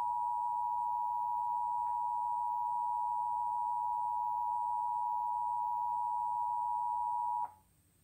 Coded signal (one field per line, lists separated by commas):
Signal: Emergency Alert System (SAME) tones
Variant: 853 and 960 Hz attention tone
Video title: Iowa Required Monthly Tests (EAS #388-395)